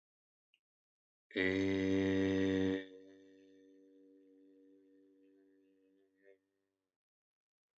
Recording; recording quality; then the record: sustained vowel as in made; poor, much background noise or distortion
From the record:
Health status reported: healthy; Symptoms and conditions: hypertension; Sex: male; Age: 50 years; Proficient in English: yes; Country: India